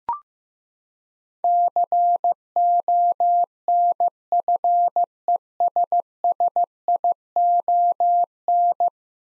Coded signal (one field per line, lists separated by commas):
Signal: Morse code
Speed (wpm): 15 wpm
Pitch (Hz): 700 Hz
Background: none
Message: CONFESSION